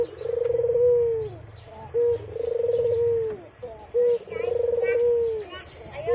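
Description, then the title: Barbary dove: steady cycles of one short coo and one long trilled, falling coo, about two seconds apart, over faint high chirping of other small birds. White Barbary dove; training (masteran) song for songbirds. "Kicau Mania Masteran Burung Puter Putih ORIGINAL"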